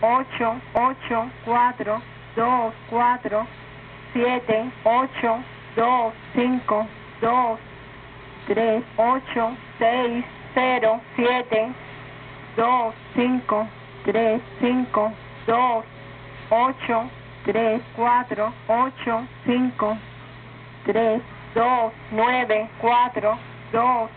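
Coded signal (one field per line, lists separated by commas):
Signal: numbers station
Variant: Spanish, Cuban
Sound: female voice reading Spanish digits in steady, evenly spaced rhythm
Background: radio static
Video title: Cuban Numbers Station at 2201 UTC 10/09/2014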